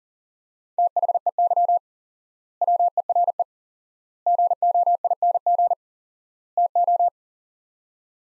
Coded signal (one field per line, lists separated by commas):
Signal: Morse code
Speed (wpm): 40 wpm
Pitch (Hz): 700 Hz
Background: none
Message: THEY WERE GOING TO